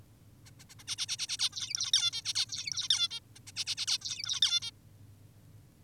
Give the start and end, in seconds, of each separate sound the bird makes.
0.46-0.51, 0.60-0.64, 0.70-0.74, 0.79-0.84, 0.88-0.96, 0.98-1.06, 1.08-1.17, 1.19-1.27, 1.29-1.37, 1.39-1.50, 1.53-1.91, 1.93-2.11, 2.13-2.22, 2.25-2.33, 2.35-2.46, 2.49-2.88, 2.90-3.08, 3.11-3.20, 3.36-3.40, 3.47-3.52, 3.56-3.64, 3.67-3.75, 3.77-3.86, 3.88-3.98, 4.02-4.40, 4.42-4.60, 4.62-4.71